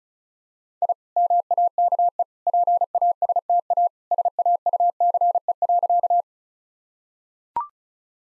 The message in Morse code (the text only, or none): I MAKE PASTA SAUCE.